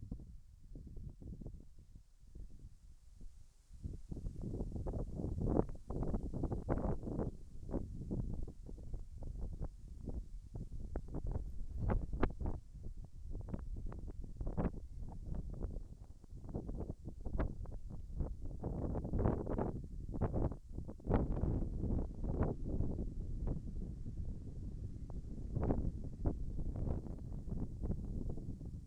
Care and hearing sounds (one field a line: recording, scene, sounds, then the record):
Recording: everyday scene through a hearing-aid microphone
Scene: wind on the microphone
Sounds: wind, birds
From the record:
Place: in front of a rural house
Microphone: behind the ear, left, rear